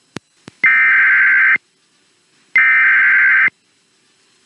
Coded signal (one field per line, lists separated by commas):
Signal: Emergency Alert System (SAME) tones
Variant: header bursts